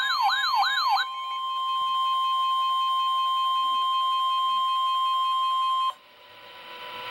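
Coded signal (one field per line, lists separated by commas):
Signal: Emergency Alert System (SAME) tones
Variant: 1050 Hz attention tone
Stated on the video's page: Flood Warning issued by the National Weather Service office in St. Louis.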